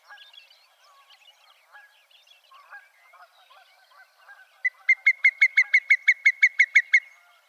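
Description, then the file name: Whimbrel calling: soft scattered chattering notes, then a loud, fast, even trill of about thirteen piping notes on one pitch. "John Neville - Whimbrel"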